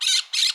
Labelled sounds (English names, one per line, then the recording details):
Brown-throated Parakeet contact call
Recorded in Curacao
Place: Hoffi Jan Thiel
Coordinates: 12.094, -68.877